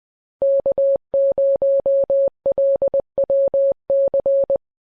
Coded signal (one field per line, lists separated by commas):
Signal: Morse code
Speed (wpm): 20 wpm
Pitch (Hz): 550 Hz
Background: none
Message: K0LWC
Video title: Best Two Way Radio For Business - Icom F200